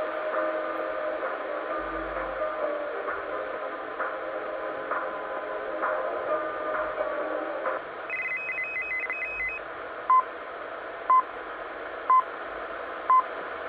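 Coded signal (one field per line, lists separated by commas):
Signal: radio time signal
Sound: hissy shortwave noise, a brief warbling tone, then four short 1 kHz pips one second apart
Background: radio static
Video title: 10000 kHz ItalCable Time Signal Station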